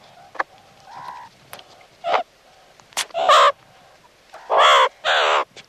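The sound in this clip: Meerkat calls, a few soft notes, then three loud, harsh nasal squawks in the second half.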